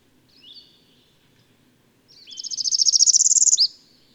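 Bird song: two thin, high, slurred whistles, a pause, then a rapid high trill of evenly spaced pulses that swells, holds and ends with a brief downward note.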